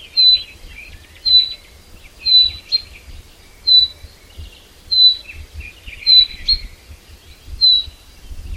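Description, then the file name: Common chaffinch repeating a thin, high whistle roughly every second, with scattered lower twittering. "Fringilla coelebs"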